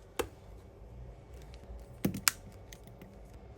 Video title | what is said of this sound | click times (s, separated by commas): Samsung Galaxy A16 5G Screen Replacement - Step-by-Step DIY Guide! | there weren't many satisfying clicks when I did that that would disappointing | 2.3 s